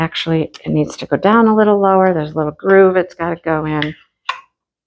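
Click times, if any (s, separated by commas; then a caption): 4.3 s. A plastic toolkit tray is pushed lower in a diamond-art storage case, past the stopper and into its groove, while someone talks. A sharp tick at 4.3 s marks the tray dropping into the groove and locking in place, seated correctly.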